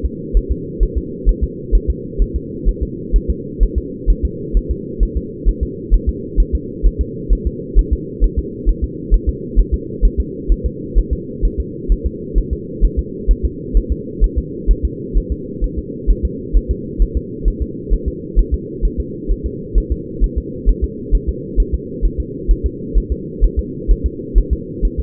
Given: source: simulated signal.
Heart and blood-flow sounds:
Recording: fetal heart sounds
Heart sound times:
0.06 s: S2
0.37 s: S1
0.52 s: S2
0.83 s: S1
0.97 s: S2
1.29 s: S1
1.44 s: S2
1.75 s: S1
1.90 s: S2
2.22 s: S1
2.36 s: S2
2.69 s: S1
2.83 s: S2
3.16 s: S1
3.30 s: S2
3.63 s: S1
3.78 s: S2
4.10 s: S1
4.25 s: S2
4.57 s: S1
4.71 s: S2
5.03 s: S1
5.17 s: S2
5.49 s: S1
5.63 s: S2
5.94 s: S1
6.09 s: S2
6.40 s: S1
6.55 s: S2
6.86 s: S1
7.01 s: S2
7.33 s: S1
7.47 s: S2
7.79 s: S1
7.93 s: S2
8.24 s: S1
8.39 s: S2
8.69 s: S1
8.84 s: S2
9.14 s: S1
9.29 s: S2
9.59 s: S1
9.74 s: S2
10.05 s: S1
10.20 s: S2
10.52 s: S1
10.66 s: S2
10.98 s: S1
11.13 s: S2
11.45 s: S1
11.60 s: S2
11.92 s: S1
12.06 s: S2
12.38 s: S1
12.53 s: S2
12.84 s: S1
12.99 s: S2
13.31 s: S1
13.45 s: S2
13.77 s: S1
13.92 s: S2
14.24 s: S1
14.38 s: S2
14.71 s: S1
14.85 s: S2
15.17 s: S1
15.32 s: S2
15.64 s: S1
15.79 s: S2
16.10 s: S1
16.25 s: S2
16.56 s: S1
16.71 s: S2
17.02 s: S1
17.17 s: S2
17.48 s: S1
17.62 s: S2
17.94 s: S1
18.08 s: S2
18.39 s: S1
18.54 s: S2
18.85 s: S1
19.00 s: S2
19.31 s: S1
19.46 s: S2
19.78 s: S1
19.92 s: S2
20.24 s: S1
20.38 s: S2
20.69 s: S1
20.84 s: S2
21.15 s: S1
21.29 s: S2
21.60 s: S1
21.74 s: S2
22.05 s: S1
22.20 s: S2
22.51 s: S1
22.66 s: S2
22.97 s: S1
23.12 s: S2
23.44 s: S1
23.59 s: S2
23.91 s: S1
24.06 s: S2
24.38 s: S1
24.53 s: S2
24.85 s: S1
25.00 s: S2
From the record:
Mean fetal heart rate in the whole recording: 130 bpm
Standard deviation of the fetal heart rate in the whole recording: 2 bpm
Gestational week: 36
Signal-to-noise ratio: -4.1 dB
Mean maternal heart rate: no maternal heart sound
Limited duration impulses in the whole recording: absent

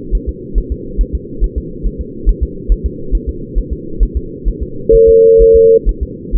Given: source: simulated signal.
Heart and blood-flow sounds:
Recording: fetal heart sounds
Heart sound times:
0.15 s: S1
0.29 s: S2
0.58 s: S1
0.72 s: S2
1.01 s: S1
1.15 s: S2
1.44 s: S1
1.58 s: S2
1.86 s: S1
2.01 s: S2
2.29 s: S1
2.43 s: S2
2.72 s: S1
2.86 s: S2
3.15 s: S1
3.29 s: S2
3.58 s: S1
3.72 s: S2
4.03 s: S1
4.17 s: S2
4.48 s: S1
4.62 s: S2
4.95 s: S1
5.09 s: S2
5.42 s: S1
5.56 s: S2
5.89 s: S1
6.03 s: S2
6.35 s: S1
From the record:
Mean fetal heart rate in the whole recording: 135 bpm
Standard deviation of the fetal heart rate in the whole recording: 3 bpm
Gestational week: 36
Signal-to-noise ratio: -4.3 dB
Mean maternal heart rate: 72 bpm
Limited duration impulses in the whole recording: present

